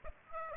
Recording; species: mosquito wingbeat signal from an infrared sensor; Aedes aegypti